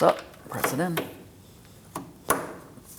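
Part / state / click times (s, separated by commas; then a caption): transmission cooler line into radiator fitting / seated / 2.3 s. A transmission cooler line is pressed into the quick-connect fitting on the radiator of a 2003-2007 Cadillac CTS 3.6L V6. Someone talks, then a smaller tap comes at about 2.0 s and a sharp click at 2.3 s as the line seats. It is pull-tested and stays firmly in place.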